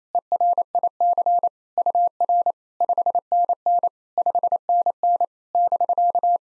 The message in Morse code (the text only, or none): ERIC UR 5NN 5NN <BK>